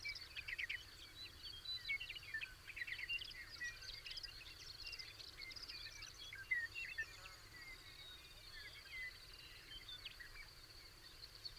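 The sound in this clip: Birds twittering in a dense chorus of quick chirps, a steady high hum running throughout, with low background rumble.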